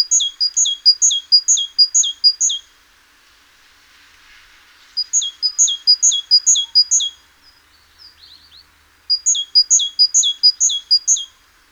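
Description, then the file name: Great tit singing three bursts of rapid, ringing two-note phrases, each burst about two seconds long, separated by pauses of about two seconds. "Parus major"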